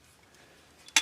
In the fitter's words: the whole action and it just locks into place it's a very solid click when it comes together